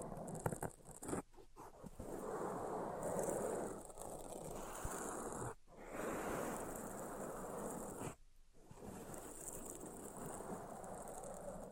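Dense, steady scratching and tracing across a surface, with brief silent gaps near two, five and a half, and eight seconds.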